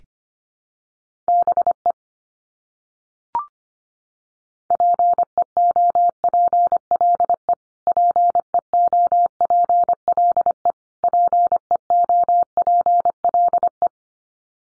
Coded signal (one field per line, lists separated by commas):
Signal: Morse code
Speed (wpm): 25 wpm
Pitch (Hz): 700 Hz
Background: none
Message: BE PEOPLE PEOPLE PEOPLE